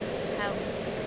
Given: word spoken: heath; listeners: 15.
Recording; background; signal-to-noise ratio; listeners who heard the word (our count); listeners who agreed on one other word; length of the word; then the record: one English word in noise, from a listening test; speech-shaped noise; -5.6 dB; 0 of 15; 7 of 15; 0.67 s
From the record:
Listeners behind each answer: 7, 6, 1, 1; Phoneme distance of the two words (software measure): 27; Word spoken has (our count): 1 syllable, 3 phonemes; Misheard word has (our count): 1 syllable, 4 phonemes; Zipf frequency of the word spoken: 3.96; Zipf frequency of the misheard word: 5.75